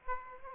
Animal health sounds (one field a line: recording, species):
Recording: mosquito wingbeat signal from an infrared sensor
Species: Aedes aegypti